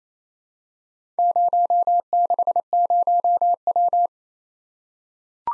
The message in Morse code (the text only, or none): 060W